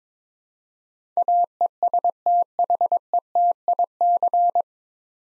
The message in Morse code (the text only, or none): AESTHETIC